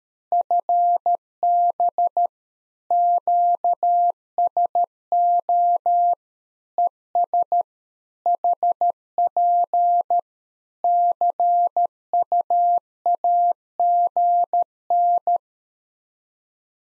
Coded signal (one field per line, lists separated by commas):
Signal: Morse code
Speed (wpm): 13 wpm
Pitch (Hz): 700 Hz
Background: none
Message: FB QSO ES HP CUAGN